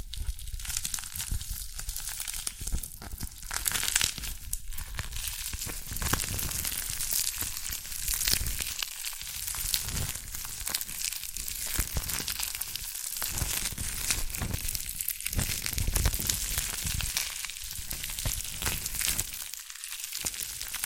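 Dalgona candy is tapped and cracked in a dense, continuous run of crisp, brittle crackles and scrapes. Sharp snaps come every second or so, with brief quiet gaps near 9, 15 and 20 seconds, and a bright crinkling texture stays steady throughout.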